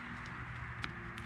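A plastic cabin air filter housing cover is pressed back into the retaining tabs around its edge on the filter housing of a Citroen Jumper / Peugeot Boxer / Fiat Ducato / Promaster van. A steady low hum sits under the clip, and a short sharp click at 0.9 s marks the cover snapping home into its tabs, fully seated.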